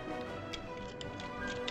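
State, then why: Not seated. The front tire sections of a plastic transforming truck toy are handled and pushed toward the connected grill during a transformation into the toy's truck-mode front, with music playing throughout. A brief sharp tick sounds at about 1.7 s, but nothing has seated or locked into place yet.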